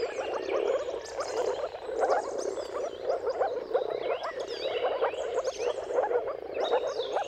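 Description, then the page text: Many moor frogs give muffled bubbling calls in a dense chorus, while birds whistle and chirp with rising and falling notes above. Chorus of mating calls of moor frogs at sunrise, at the turn of March and April depending on the weather, recorded by Jakub Orzecki. "Jakub-Orzecki moor frogs. Dawn’s Chorus: Mating Calls of Marsh Frogs at Sunrise. Depending on the weather at the turn of March and April, you can witness an amazing spectacle of moor frogs"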